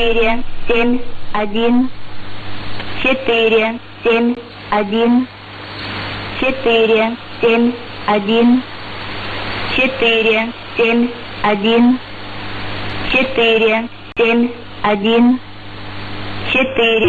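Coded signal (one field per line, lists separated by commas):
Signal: numbers station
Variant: S06s, Russian female voice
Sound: female voice reading short Russian words, evenly spaced about once per second, over hiss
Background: radio static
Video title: 28 11 2018 S06s Russian Lady Numbers station in Russian to Eu 0830 on 9262 & 11535 unknown tx site U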